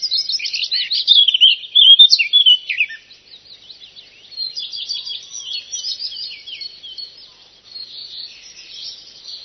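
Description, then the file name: Eurasian blackcap singing a loud, varied warble for the first few seconds, then continuing with quieter, rapid twittering and chattering. "zwartkop"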